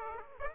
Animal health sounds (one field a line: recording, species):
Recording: mosquito wingbeat signal from an infrared sensor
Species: Aedes aegypti